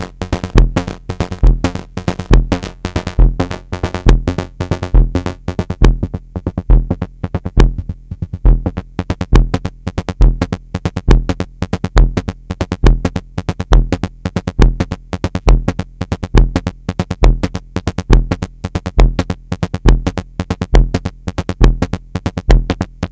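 Hard blips repeat in a fast, steady pulse for the whole stretch, each with a deep low thump, briefly thinning out around eight seconds.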